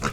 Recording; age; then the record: pig call; piglet (1 to 25 days)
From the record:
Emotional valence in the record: positive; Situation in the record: reunion after long isolation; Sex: female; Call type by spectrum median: low-frequency call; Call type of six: low-frequency tonal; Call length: 0.13 s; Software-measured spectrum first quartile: 261 Hz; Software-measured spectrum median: 1064 Hz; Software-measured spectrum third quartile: 2007 Hz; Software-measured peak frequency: 1327 Hz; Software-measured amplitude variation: 152 dB a second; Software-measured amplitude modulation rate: 4.0 a second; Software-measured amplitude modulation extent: 38.3 dB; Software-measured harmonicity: 0.7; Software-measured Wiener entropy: -1.36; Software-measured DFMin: 813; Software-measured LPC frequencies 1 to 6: 1343, 1963, 2698, 3793, 4724, 5328 Hz